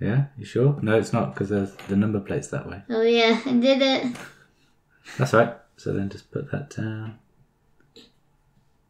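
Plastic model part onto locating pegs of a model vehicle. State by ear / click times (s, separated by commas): not seated / none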